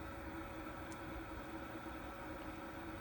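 A forward motor mount is positioned and handled against an RC truck's transmission and chassis, lined up before being pushed home to snap into place. Only a steady, even broadband hum is heard, with no distinct hits. Nothing has seated or clicked yet.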